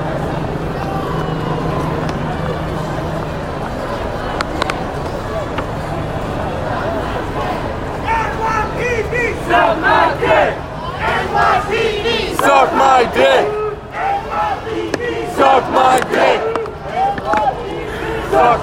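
Crowd noise from a peaceful protest in New York City, a dense murmur of many voices with a low hum underneath early on. From about eight seconds, loud chanting and shouting voices rise and fall in bursts, growing stronger toward the end.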